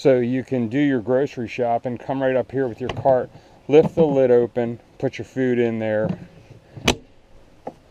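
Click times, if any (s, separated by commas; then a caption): 6.9 s, 7.7 s. Someone talks, then pushes a Dometic refrigerator on its slide-out drawer back into a cabinet in a Ford Transit van conversion. Two sharp hits sound at 6.9 s and 7.7 s, and it is not clear which is the latch itself. The slide latch engages and locks the fridge into place in the stowed position.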